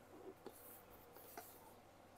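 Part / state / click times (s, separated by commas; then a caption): cam lock fitting in a drawer panel / not seated / none. A cam lock fitting in a particleboard drawer panel is handled and turned with a screwdriver during drawer assembly, giving soft rubbing and scraping sounds with a brief sharp tick at 0.5 s and another near 1.4 s. The cam lock has not clicked or seated yet.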